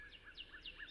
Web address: Nature Songs N America Songs of Birds of North America Know Your Bird Sounds Common Western Species -Northern Cardinal